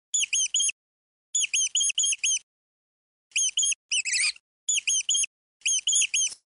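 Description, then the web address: Rodent giving high-pitched squeaks in quick bursts of three to five arched notes, each burst separated by brief silence, one burst sounding harsher and more broken. "zvuk ot visoko pisk na grizac"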